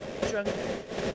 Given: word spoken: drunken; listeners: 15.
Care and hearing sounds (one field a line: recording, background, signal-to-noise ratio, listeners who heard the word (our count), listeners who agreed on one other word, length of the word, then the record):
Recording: one English word in noise, from a listening test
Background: noise modulated by three-talker babble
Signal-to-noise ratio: -4.3 dB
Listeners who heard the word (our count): 3 of 15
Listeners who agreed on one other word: 10 of 15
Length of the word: 0.75 s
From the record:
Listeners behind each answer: 10, 3, 2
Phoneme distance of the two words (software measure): 24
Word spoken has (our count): 2 syllables, 7 phonemes, stress on syllable 1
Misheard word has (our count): 1 syllable, 5 phonemes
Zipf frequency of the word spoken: 3.53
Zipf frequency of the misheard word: 4.46